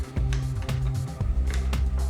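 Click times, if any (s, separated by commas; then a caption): none. An FPV camera is being put back into its plastic quadcopter frame mount and twisted so it slides around toward locking into place. Several short plastic-on-plastic taps are heard at about 0.3, 0.7, 1.5 and 1.7 seconds over a steady low-pitched background. Nothing has seated or clicked into place yet.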